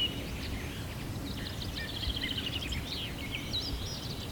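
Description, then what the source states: Birds twittering, rapid high chirps and short trills run together, with constant low background noise. Birds recorded at sunrise, morning.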